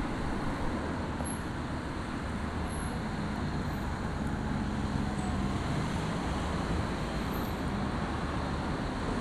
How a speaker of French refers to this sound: Je regarde les voitures.